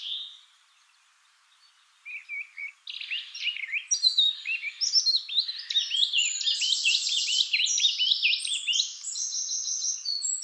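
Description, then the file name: Eurasian blackcap song, a few low soft notes building into a rich, rapid warble of rising and falling notes. "Sylvia atricapilla"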